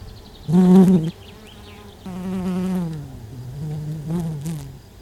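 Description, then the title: Honey bee buzz, a loud brief hum at the start, then a longer droning buzz that slowly lowers in pitch and wavers before fading. Domestic honey bees recorded at Buoux, Vaucluse, France, in May 2001. "Sylvain Jaskowiak - Animus. Abeilles domestiques - Buoux, Vaucluse - mai 2001"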